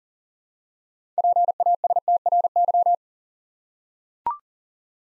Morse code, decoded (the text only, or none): PASTRY